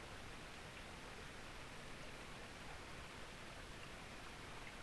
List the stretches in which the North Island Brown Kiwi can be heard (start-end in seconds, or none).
none